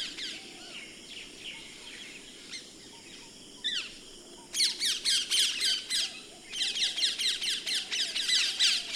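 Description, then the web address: Common myna giving harsh, scratchy squawks, first scattered, then in two fast chattering bursts of rasping notes in the second half. Recorded February 2011. "2011 02 Martin-triste"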